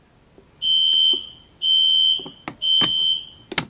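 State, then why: Not seated. The handle of a BG-12 fire alarm pull station is pulled down softly while tilted to the right, setting off three loud, steady high-pitched alarm beeps, with brief sharp knocks near 2.5 s and 3.5–3.6 s. The handle does not latch in the pulled position and is pushed back up freely. This is a flaw because it won't latch, and nothing has latched.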